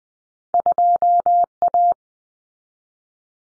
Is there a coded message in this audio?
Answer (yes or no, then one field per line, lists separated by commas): yes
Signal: Morse code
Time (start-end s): 0.5-1.9 s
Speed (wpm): 20 wpm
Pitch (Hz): 700 Hz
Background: none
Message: 2A